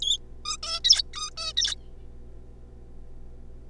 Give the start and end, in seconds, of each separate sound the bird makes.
0.01-0.18, 0.45-0.57, 0.63-0.80, 0.84-1.02, 1.14-1.30, 1.38-1.53, 1.57-1.75